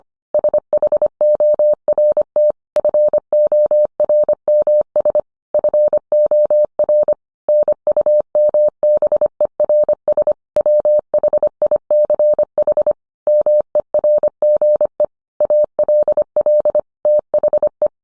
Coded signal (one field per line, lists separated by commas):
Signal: Morse code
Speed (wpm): 25 wpm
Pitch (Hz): 600 Hz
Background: none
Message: SHORT FORMS FOR NUMBERS WHICH MERGE ALL THE